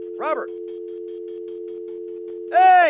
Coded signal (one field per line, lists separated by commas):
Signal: telephone call progress tone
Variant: North America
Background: speech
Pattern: dial tone